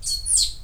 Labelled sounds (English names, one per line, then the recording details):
Stitchbird song
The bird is a male
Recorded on Tiritiri Matangi Island, New Zealand, in 2005
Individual 7, of nest box 9